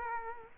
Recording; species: mosquito wingbeat signal from an infrared sensor; Culex quinquefasciatus